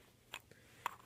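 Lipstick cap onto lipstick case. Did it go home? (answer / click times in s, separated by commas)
no / none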